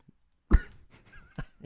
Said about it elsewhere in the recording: I've been battling a little bit of a cough. For the past 3 months. I just can't shake it. I've tried everything.